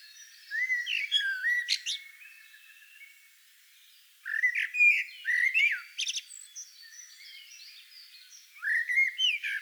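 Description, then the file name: Eurasian blackbird with three short phrases. Rising fluty whistles are followed by high thin squeaks, with quiet gaps between them. "Turdus merula"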